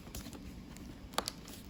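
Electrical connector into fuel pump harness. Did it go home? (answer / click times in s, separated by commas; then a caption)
yes / 1.2 s. An electrical connector is given a firm push into the fuel pump harness over a low, steady background rumble. A sharp click at 1.2 s, followed by a second quick tick at 1.3 s, marks the fuel pump connector seating and clicking in.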